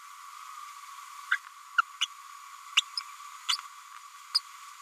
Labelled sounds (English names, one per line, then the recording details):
Green-rumped Parrotlet babbling
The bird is a female
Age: 31 days
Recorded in a nest box in Venezuela
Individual 17B102A5